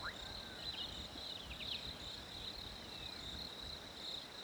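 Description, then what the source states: Cricket giving a steady high-pitched continuous trill, with faint bird chirps and low rumbling background noise. Winter ambience.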